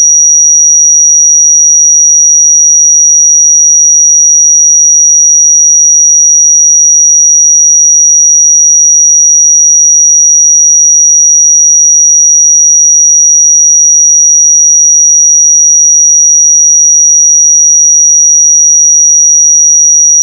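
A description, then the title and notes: A pure sine tone at 5773 Hz holds steady for the full twenty seconds, high and piercing. Its pitch and loudness stay fixed throughout, with no other sounds in the background, until it cuts off abruptly at the very end. 5773 Hz 1 Hz Interval Sine Pure Tone Frequency 441000 Sample Mono.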